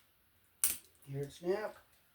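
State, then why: Not seated. An MC cable push-in connector is handled at the knockout of an electrical box, with a sharp handling knock at 0.6 s followed by someone talking. The clip ends before the part goes home; nothing has seated or clicked yet.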